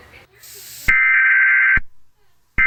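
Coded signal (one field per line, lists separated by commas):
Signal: Emergency Alert System (SAME) tones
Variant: header bursts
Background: speech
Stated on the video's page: Fictional EAS scenario.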